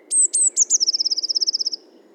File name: Cyanistes caeruleus 311018